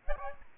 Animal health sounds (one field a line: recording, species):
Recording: mosquito wingbeat signal from an infrared sensor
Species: Aedes albopictus